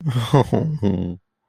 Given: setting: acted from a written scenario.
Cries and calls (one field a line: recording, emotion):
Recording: vocal sound without words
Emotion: embarrassment